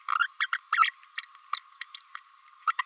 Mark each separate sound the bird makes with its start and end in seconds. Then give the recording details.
0.19-0.27, 0.40-0.47, 0.52-0.58, 0.72-0.91, 1.17-1.25, 1.53-1.60, 1.81-1.86, 1.94-2.04, 2.17-2.22, 2.67-2.72, 2.78-2.83. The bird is a female. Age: 29 days. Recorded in a nest box in Venezuela. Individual 17B32A5